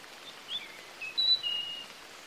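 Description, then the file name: European robin song: a few pure, thin whistled notes, some sliding downward and some held level, delivered slowly over quiet background hiss. "Erithacus rubecula"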